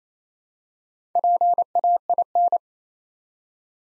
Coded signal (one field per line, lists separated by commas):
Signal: Morse code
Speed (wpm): 27 wpm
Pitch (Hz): 700 Hz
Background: none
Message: PAIN